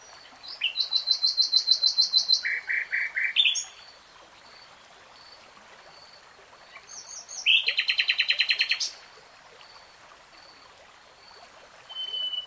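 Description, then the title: Nightingale song: two long phrases of rapid repeated notes, the first dropping into lower chunky notes, separated by a quiet pause with faint background whistles. Nightingale singing in real time. "[Tiếng chim hót] 3 Hours REALTIME Nightingale Singing"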